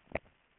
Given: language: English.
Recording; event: throat vibration sensor signal played as sound; swallow